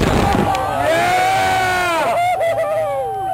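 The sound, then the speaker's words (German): A loud blast of a cannon shooting ashes into the sky at a memorial service on a farm in Woody Creek opens into a long, wavering whistle as fireworks go up, while a crowd cheers and shouts underneath throughout. “6 Monate später wird seine Asche im Rahmen einer Trauerfeier auf seiner Farm in Woody Creek aus einer Kanone in den Himmel geschossen.”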